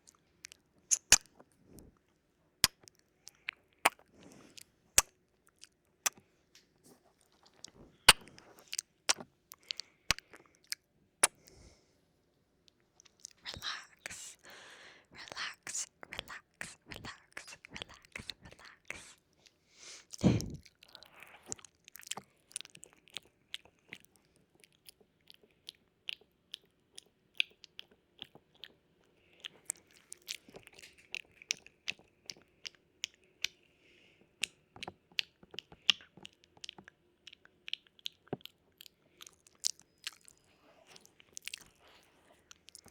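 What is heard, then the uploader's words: Ear noms in ASMR style: wet mouth clicks and nibbling crunches arrive as sharp, irregular pops across the whole clip. Around 13 to 18 seconds the sounds thicken into a busy, crackly run, with a single heavier thump near 20 seconds. ASMR Ear Noms.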